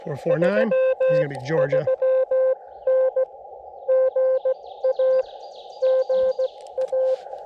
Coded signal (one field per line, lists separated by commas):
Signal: Morse code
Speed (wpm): 16 wpm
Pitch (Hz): 520 Hz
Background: speech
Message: 33N GA GA